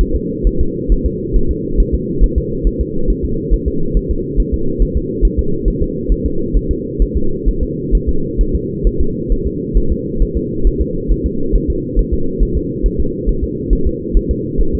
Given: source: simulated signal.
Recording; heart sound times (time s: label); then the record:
fetal heart sounds
0.01 s: S1
0.16 s: S2
0.47 s: S1
0.61 s: S2
0.92 s: S1
1.06 s: S2
1.36 s: S1
1.51 s: S2
1.80 s: S1
1.95 s: S2
2.23 s: S1
2.38 s: S2
2.67 s: S1
2.81 s: S2
3.10 s: S1
3.25 s: S2
3.54 s: S1
3.68 s: S2
3.97 s: S1
4.11 s: S2
4.40 s: S1
4.54 s: S2
4.82 s: S1
4.97 s: S2
5.25 s: S1
5.39 s: S2
5.68 s: S1
5.82 s: S2
6.12 s: S1
6.26 s: S2
6.56 s: S1
6.71 s: S2
7.02 s: S1
7.17 s: S2
7.48 s: S1
7.63 s: S2
7.95 s: S1
8.09 s: S2
8.41 s: S1
8.55 s: S2
8.87 s: S1
9.01 s: S2
9.32 s: S1
9.47 s: S2
9.77 s: S1
9.92 s: S2
10.22 s: S1
10.37 s: S2
10.67 s: S1
10.81 s: S2
11.11 s: S1
11.26 s: S2
11.56 s: S1
11.70 s: S2
11.99 s: S1
12.14 s: S2
12.43 s: S1
12.57 s: S2
12.86 s: S1
13.00 s: S2
13.29 s: S1
13.44 s: S2
13.73 s: S1
13.87 s: S2
14.17 s: S1
14.31 s: S2
14.61 s: S1
14.75 s: S2
From the record:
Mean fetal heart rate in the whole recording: 135 bpm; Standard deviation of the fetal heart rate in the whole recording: 3 bpm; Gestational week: 36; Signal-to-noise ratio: -8.1 dB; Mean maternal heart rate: 72 bpm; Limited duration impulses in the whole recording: absent